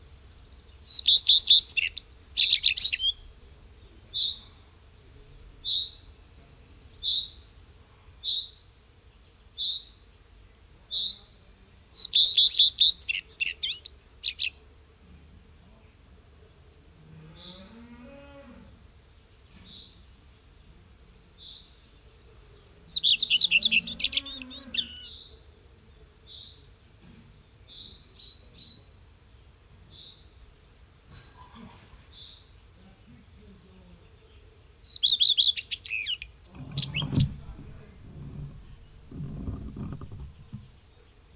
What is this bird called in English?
Common Redstart